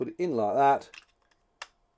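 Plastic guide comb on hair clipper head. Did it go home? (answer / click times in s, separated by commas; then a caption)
yes / 1.6 s. Someone talks while the original plastic guide comb of a Hatteker RFC-690 hair clipper is pushed onto the clipper blade. After a quiet pause, it snaps home with a single sharp click at 1.6 s, seated in place.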